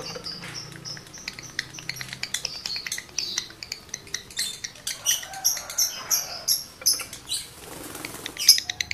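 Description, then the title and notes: Lovebird song: rapid, dry ticking chatter of clicks, then a run of harsh, repeated squeaky notes toward the end. Male lovebird in breeding condition; the song is used as a lure to stimulate other lovebirds to sing. "Birahi Lovebird Jantan ke Gacor. Pancingan Suara Lovebird jantan birahi"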